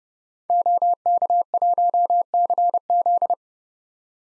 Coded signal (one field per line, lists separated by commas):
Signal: Morse code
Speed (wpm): 30 wpm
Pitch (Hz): 700 Hz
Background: none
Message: OK1CZ